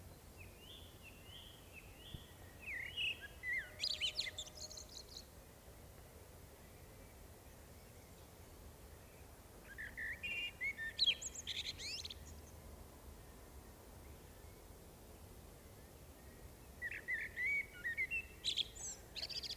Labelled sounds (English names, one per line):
Common Blackbird song